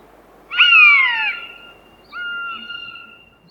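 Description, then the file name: Common buzzard giving a loud mewing call that slides downward, followed by a second, flatter mew. "Golosa ptic i zverei - Kaniuk"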